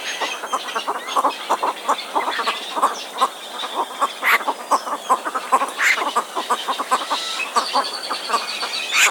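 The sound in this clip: Bird: many harsh clucking calls in quick succession, with a few louder sharp calls standing out.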